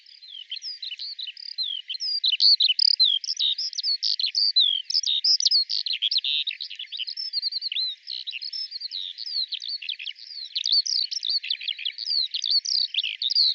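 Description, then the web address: Bird calls, dense high-pitched twittering with quick rising and falling chirps, several notes each second, steady throughout. "Deverinetal 2025 File cleaned normalized Bird Al Ar"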